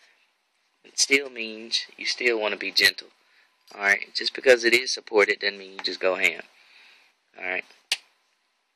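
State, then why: Seated. A memory module is pressed down into its motherboard RAM slot while someone talks. A single sharp click sounds at 7.9 s as the slot latches lock, and the module is seated.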